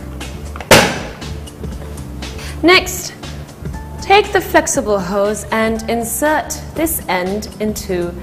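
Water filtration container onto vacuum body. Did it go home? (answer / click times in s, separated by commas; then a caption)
yes / 0.6 s. A Sunshinne Eco Active water filtration vacuum's water container, lifted by its handle, is fitted back onto the vacuum body and seats with a short double click at 0.6 s and 0.6 s. Someone then talks over background music.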